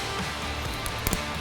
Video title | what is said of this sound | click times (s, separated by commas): 21+ GEN 3 F150 RAPTOR 360W CREE LED TRI-FOG SPARTAN KIT | you'll hear it click into place so that means it's firmly connected and | 1.1 s